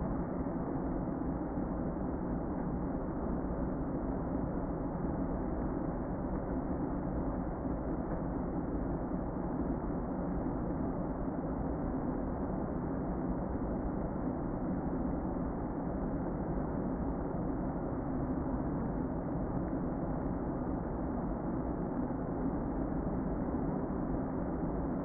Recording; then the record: honeybee colony, microphone inside the hive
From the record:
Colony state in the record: queen present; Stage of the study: before two queens were removed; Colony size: about 60,000 bees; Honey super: yes